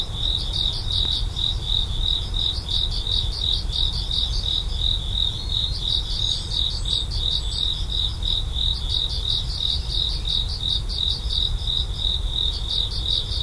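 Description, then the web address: Cricket giving continuous high-pitched pulsed chirping, with a steady low background rumble throughout. "Insects korogi"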